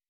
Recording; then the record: hydrophone in a shrimp aquaculture tank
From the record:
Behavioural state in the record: weakened